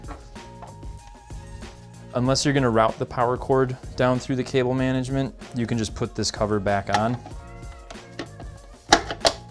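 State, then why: Seated. Someone talks over background music while a plastic cover is pressed back onto the pedestal stand of a Samsung Q80B Series 4K QLED TV, over the cable routing area, after the stand's four screws have been tightened. Sharp snaps at 8.9, 9.1 and 9.3 seconds mark the cover seating into place on the stand.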